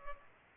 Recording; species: mosquito wingbeat signal from an infrared sensor; Culex pipiens